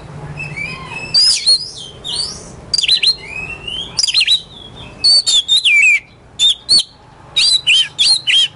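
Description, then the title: Oriental magpie-robin delivering loud, ringing whistles and steep downward slurs, grouped in rapid bursts of two to four notes with short pauses between. Kacer poci competition bird in full song (gacor), national champion; song styles nembak and ngerol; seven kinds of kacer sounds every three minutes. "Kacer Poci Gacor Nembak Dan Ngerol Juara Nasional. 7 macam suara kacer setiap 3 menit"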